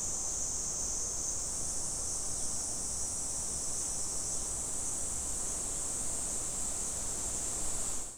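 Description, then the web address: Cicadas droning in a continuous shrill buzz that stays level until the sound fades out at the end. Recorded on 19 July 2011. "fukudai cicada 110719 cicada 0719"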